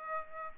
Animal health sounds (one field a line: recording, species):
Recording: mosquito wingbeat signal from an infrared sensor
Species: Aedes aegypti